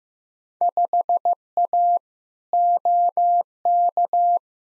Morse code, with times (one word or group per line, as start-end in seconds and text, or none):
0.6-2.0 5A
2.5-4.4 OK